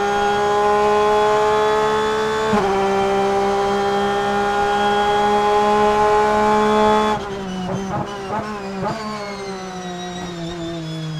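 In-car sound of a Porsche 911 RSR: a loud, steady engine drone holds an even pitch for about seven seconds, with a brief dip near the two-and-a-half second mark. Then the level drops, and the note wavers and slides lower with short blips as the car slows.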